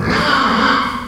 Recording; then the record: squeal of a Yucatan mini pig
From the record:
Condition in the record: after surgery on the right vocal fold (resection and tissue-engineered implant); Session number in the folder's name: 16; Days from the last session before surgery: 183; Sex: female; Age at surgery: 19 weeks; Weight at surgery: 25 kg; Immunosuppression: prednisolone